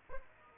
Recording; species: mosquito wingbeat signal from an infrared sensor; Aedes aegypti